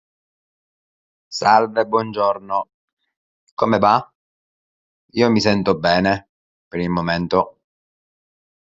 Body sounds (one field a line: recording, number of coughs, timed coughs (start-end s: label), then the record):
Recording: no coughing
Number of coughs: 0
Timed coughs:
none
From the record:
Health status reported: symptomatic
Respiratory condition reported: no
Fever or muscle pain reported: yes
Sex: male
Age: 36 years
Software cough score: 0.78